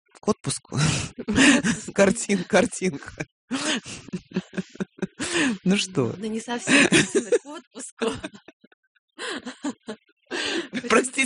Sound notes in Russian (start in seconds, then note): 3.5 Смеется; 6.6 Заразительно хохочет